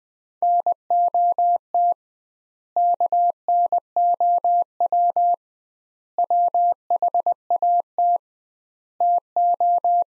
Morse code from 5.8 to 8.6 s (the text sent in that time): WHAT